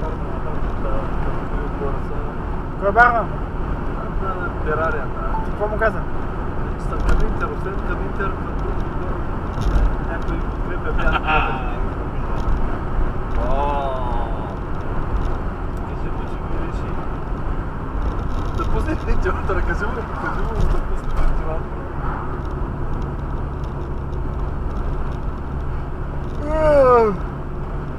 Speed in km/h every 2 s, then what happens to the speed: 76, 77, 78, 79, 78, 78, 79, 79, 77, 73, 65, 67, 67, 66.
0-15 steady at about 78. 15-19 brakes to 65. 19-28 steady at about 66.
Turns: none.